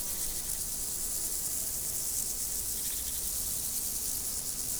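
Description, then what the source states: Insect chorus, an unbroken high shimmering drone, steady in loudness throughout, with low background rumble. Insects in nature, 2014.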